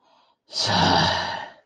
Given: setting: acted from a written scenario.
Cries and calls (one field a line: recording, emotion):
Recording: vocal sound without words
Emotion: distress